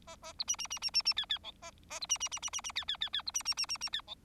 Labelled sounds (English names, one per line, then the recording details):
Bengalese Finch song
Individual Bird4